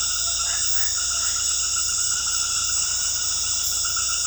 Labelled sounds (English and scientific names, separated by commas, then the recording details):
none
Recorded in dense forest near Puerto Asís, Putumayo, Colombia, on 21 February 2024 at 22:00
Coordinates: 0.487, -76.319
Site G6403